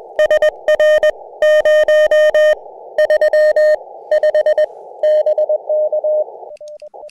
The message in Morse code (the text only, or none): SR 035 BK